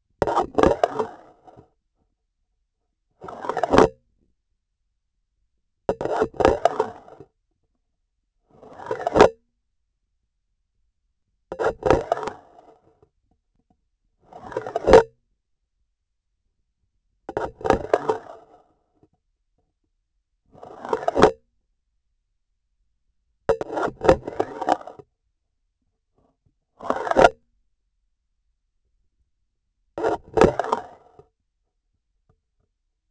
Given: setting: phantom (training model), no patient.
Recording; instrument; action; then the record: laparoscopic instrument, vibration sensor on the handle end; grasping forceps; insertion and removal through the trocar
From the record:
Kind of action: spatial motion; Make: Olympus